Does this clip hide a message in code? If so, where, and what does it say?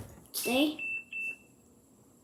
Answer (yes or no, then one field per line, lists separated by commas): no